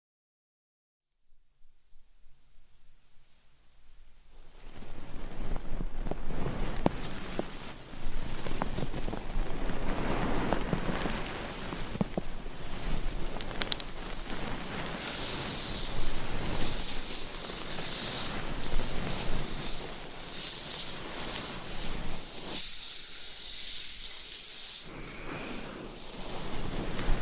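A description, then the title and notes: Binaural mic scratching and brushing build from silence into a dense, steady rustle with soft taps, thinning briefly near twenty-three seconds. Binaural Mic Scratching , Massage ,Tapping & Brushing. No Talking.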